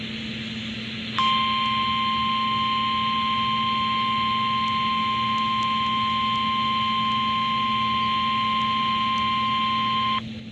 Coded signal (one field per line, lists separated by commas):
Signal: Emergency Alert System (SAME) tones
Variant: 1050 Hz attention tone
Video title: June 9, 2018 EAS weather alerts (EAS #683-695)